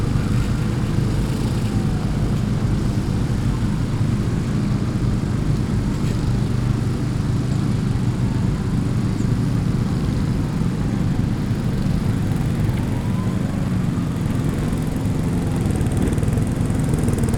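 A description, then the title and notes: Lawn mowers drone without a break, a thick, steady low engine roar that fills the whole stretch. Faint rising and falling whines drift across the middle, like engines revving slightly as they move, with a few brief clicks and a thin high hiss above. Mürafoonia Muruniidukitel is a performance/composition for lawn mowers by Taavi Suisalu, conducted by Andrus Kallastu and performed/recorded during the UIT festival in Tartu, Estonia. Noisephony of Lawn Mowers.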